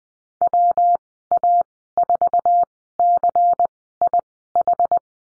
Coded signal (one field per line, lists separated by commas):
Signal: Morse code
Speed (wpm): 19 wpm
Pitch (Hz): 700 Hz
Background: none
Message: WA4CIH